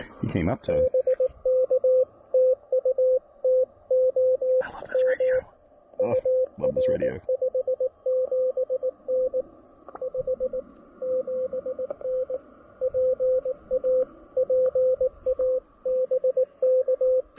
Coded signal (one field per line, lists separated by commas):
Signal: Morse code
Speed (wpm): 19 wpm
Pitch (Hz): 510 Hz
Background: speech, radio noise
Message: BK TU TO M UR 57N 57N PA PA BK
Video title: A Little Lunch, Little Radio, and Little Antenna--Pairing the Elecraft KX1 & AX1 for Some QRP POTA!